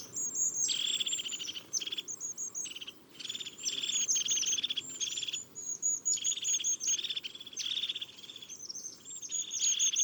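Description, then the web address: European crested tit song: high, buzzy trilled phrases repeated in quick bursts with brief pauses between them. Recorded in autumn. "Automne La Mesange huppee. les-4-saisons-des-chants-doiseaux"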